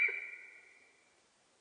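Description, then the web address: Sika deer whistle, a thin steady high tone that gradually fades away into silence. Japanese sika deer recorded in Japan on 4 November 2006. "2006 061104 nihonjika"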